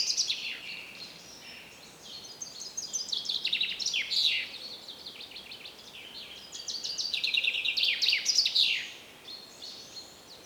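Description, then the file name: Common chaffinch song: bright trilled phrases that tumble downward, spaced a few seconds apart. "Fringilla coelebs"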